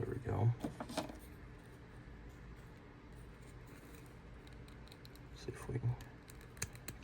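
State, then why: Seated. Someone talks while handling a folded plastic piece, likely the cape, and pushes it into the back of a plastic Omni-Man action figure, with small plastic ticks and rustles along the way. A sharp click at 7.0 s marks the piece snapping into its socket, seated in place.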